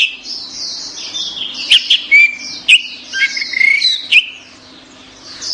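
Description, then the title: Orange-headed thrush singing fast, varied whistled phrases with sharp clicks mixed in, over a faint steady low hum. "Anis Merah"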